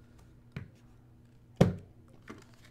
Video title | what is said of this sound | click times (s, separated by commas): Review Of A Remote Control 3 in 1 Construction Truck RC Toy For Ages 3-7 | and you have to push it down pretty hard for it to snap into place and | 1.6 s